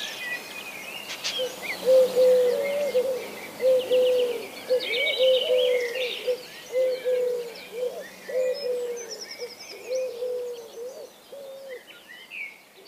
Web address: bbc Bird Song Site Collared Dove - Colombe (de col )